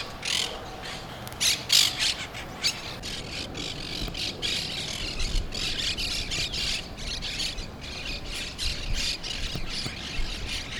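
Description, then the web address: Monk parakeet calls, loud raspy screeches in uneven bursts, with faint traffic noise underneath. Brooklyn. "sounds brooklyn parrots"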